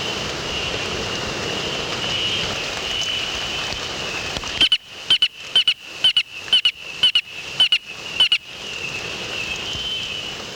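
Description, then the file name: Robust whistling frog giving a quick series of short, sharp notes over roughly four seconds, above a steady high drone. "Austrochaperina robusta"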